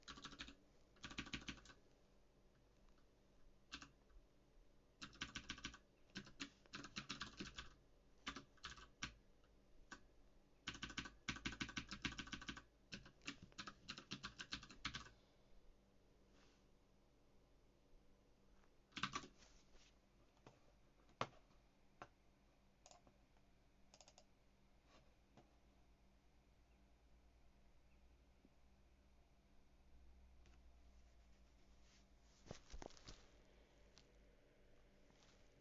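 Typing on a mechanical keyboard, with dense bursts of sharp clicking keystrokes in the first fifteen seconds. After that the typing thins to scattered single presses and short runs, with a brief flurry around 32 seconds. A low steady hum runs underneath throughout.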